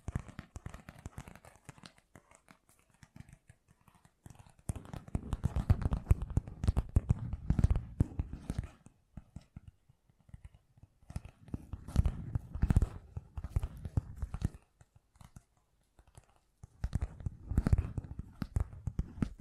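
Fast, gentle tapping comes in dense flurries of quick, soft strikes with a low, dull thud and a light crisp edge. The busiest bursts fall around 5–9, 11–14 and 17–19 seconds, with sparser, quieter taps between them.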